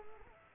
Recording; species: mosquito wingbeat signal from an infrared sensor; Culex pipiens